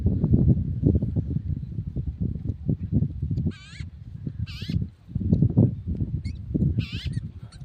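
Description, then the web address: Rufous-tailed weaver calls: short nasal, harmonic bursts with upward-curving notes, given in a few scattered clusters over a loud, constant low rumble. "cantos tejedorcolirojo"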